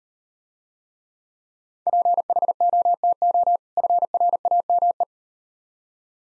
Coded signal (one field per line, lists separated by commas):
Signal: Morse code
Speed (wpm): 38 wpm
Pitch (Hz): 700 Hz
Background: none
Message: PHOTO FRAME